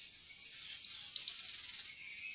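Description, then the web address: Eurasian blue tit singing two thin, high, slightly falling whistles followed by a fast, even trill that ends abruptly. "fuglelyder- blaameis"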